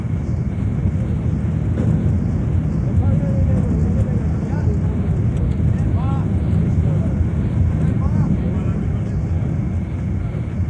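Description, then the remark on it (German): A gold mine shaft cage in South Africa plunges downward at 10 metres per second, 600 metres a minute, with a loud, steady low roar and rushing wind-like noise that never lets up, while faint voices murmur beneath the rumble. “Wir fallen 10 Meter in jeder Sekunde. 600 Meter in der Minute.”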